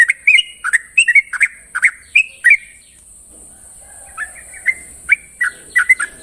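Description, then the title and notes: Yellow-vented Bulbul song: bubbly whistled notes in quick bursts, a lull around three seconds, then softer spaced notes, over a steady high hiss. Recording intended as a master for training other birds; song style called ropel panjang, a long trill. "Masteran Trucukan Ropel Panjang. Kicau Burung Trucukan"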